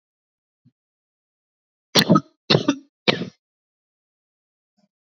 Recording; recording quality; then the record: shallow voluntary cough; excellent, no background noise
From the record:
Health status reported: COVID-19 positive, moderate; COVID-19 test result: positive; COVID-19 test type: RT-PCR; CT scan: not taken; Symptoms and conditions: cough, cold, sore throat, fatigue, muscle pain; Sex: female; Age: 46 years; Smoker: no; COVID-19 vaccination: both doses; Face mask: worn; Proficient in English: yes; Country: India